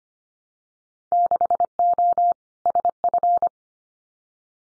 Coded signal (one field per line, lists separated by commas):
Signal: Morse code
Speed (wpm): 25 wpm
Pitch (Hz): 700 Hz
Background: none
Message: 6O SF